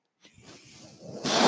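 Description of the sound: A soft airy whoosh builds into a loud hiss over about a second: a home mechanical ventilator delivering a breath.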